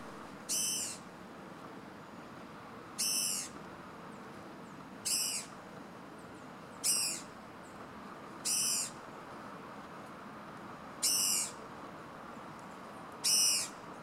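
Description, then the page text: Tufted antshrike calls: a short, harsh, ringing note repeated about every two seconds, seven times, over a steady background hiss. Adult male, recorded 23 August 2016 at Moconá, Yabotí Biosphere Reserve, Misiones, Argentina. "Borralhara (Mackenziaena severa) Batara-copeton-Mocona. Dolores Fernandez"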